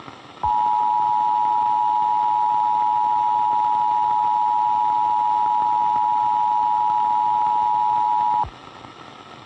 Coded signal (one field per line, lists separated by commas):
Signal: Emergency Alert System (SAME) tones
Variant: 853 and 960 Hz attention tone